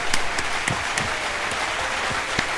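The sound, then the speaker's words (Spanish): Steady applause from a group welcoming a special guest, a dense wash of many hands clapping with a few sharper individual claps standing out, holding an even loudness throughout with no talking. “Y quiero presentar y comparten un fuerte aplauso, por favor,”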